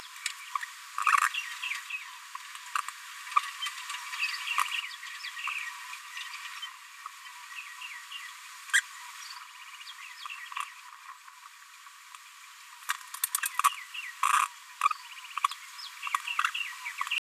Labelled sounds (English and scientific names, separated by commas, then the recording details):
Green-rumped Parrotlet (Forpus passerinus) babbling
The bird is a female
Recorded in a nest box in Venezuela
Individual 17B73B2